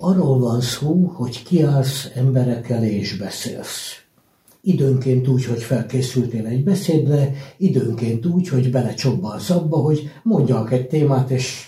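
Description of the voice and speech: A single adult man speaks Hungarian in a steady, fluent stream with a clear mid-low voice and natural pitch movement. Brief pauses fall at phrase boundaries, with no blocks, repetitions or slurring. This is ordinary fluent speech in a quiet room.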